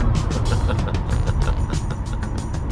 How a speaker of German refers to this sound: Als Parker auf der Interstate 80 durch New Jersey zur Firma Cosmopolitan Beverages fuhr, überholte er ein Auto mit einem Aufkleber, auf dem stand: Fahr ihn, als hättest du ihn geklaut.